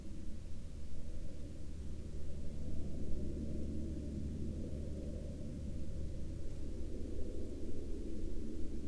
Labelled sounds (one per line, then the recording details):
aircraft
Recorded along the Dalton Highway, Alaska, on 16 April 2019 at 08:12
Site 09